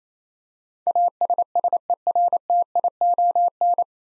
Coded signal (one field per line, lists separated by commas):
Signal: Morse code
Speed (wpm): 28 wpm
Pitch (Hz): 700 Hz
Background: none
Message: ASSERTION